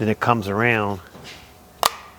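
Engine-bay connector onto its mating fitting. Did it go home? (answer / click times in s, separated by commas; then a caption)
yes / 1.9 s. Someone talks as a twist-lock connector in a Chevy Express engine bay is pushed onto its mating fitting and turned around. A single sharp click at 1.9 s marks it locking in, and the connector is seated and secure.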